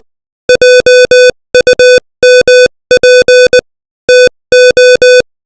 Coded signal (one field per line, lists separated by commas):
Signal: Morse code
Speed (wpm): 20 wpm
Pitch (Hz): 500 Hz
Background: music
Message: JUMP TO